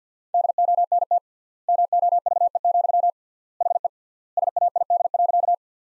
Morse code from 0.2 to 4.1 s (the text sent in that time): DONT MOVE, HE